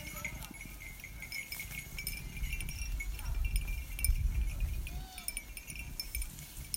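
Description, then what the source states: Sheep grazing: irregular low crunching and tearing of grass, with scattered clicks and a steady high hum behind. Sheep eating grass.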